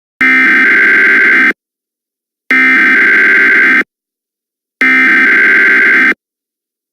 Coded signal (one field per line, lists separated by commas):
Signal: Emergency Alert System (SAME) tones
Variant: header bursts